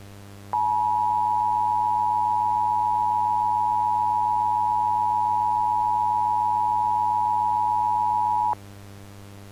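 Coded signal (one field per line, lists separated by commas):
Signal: Emergency Alert System (SAME) tones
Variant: 853 and 960 Hz attention tone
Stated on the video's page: Fictional EAS scenario about an object from space striking in 2008.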